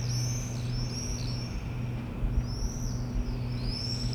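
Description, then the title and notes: Swift give sharp, high screaming trills in short bursts, against a steady low hum. A flock of swifts wheeling over the rooftops of Aix-les-Bains, France, recorded from the MJC courtyard on a Sunday morning. "4 Rue Vaugelas, 73100 Aix-les-Bains, France - Les martinets. Le ballet des martinets au dessus des toits d'Aix-les-bains depuis la cour de la MJC un dimanche matin"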